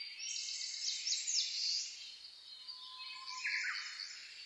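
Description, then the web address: Several birds singing together in a dawn chorus: high trilled phrases, a low sustained whistle and a lower trilled phrase over background hiss. Dawn chorus recorded 10 May 2010. "reimei -saezuri-20100510-0401"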